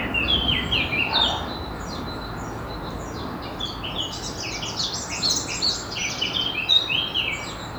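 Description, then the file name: Eurasian blackcap calls, scattered quick high chirps and short warbled notes coming and going over a constant hiss. "Sylvia atricapilla"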